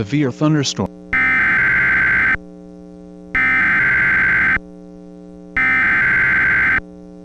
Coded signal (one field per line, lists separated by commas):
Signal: Emergency Alert System (SAME) tones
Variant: header bursts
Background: speech